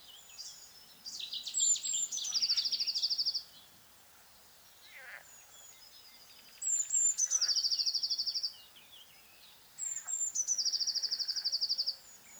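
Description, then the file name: Eurasian blue tit giving three trilled song phrases, each opened by high thin notes, with other soft bird notes between them. "Cyanistes caeruleus"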